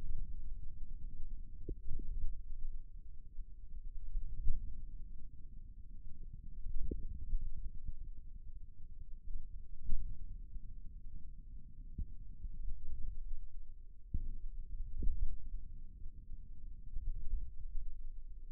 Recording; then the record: forearm muscle sounds (acoustic myography)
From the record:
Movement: hand closing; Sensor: system 2, bracelet of six BSWA MPA416 microphones around the upper forearm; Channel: 3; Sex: male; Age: 22 years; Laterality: right